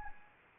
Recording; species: mosquito wingbeat signal from an infrared sensor; Anopheles arabiensis